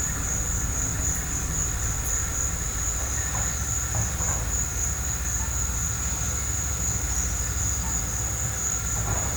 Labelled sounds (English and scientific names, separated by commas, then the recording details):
none
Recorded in pastures near Puerto Asís, Putumayo, Colombia, on 21 December 2024 at 15:30
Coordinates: 0.466, -76.322
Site G040